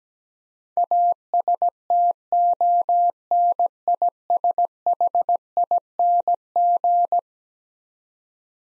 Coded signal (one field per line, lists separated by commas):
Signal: Morse code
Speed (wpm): 17 wpm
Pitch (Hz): 700 Hz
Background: none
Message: ASTONISHING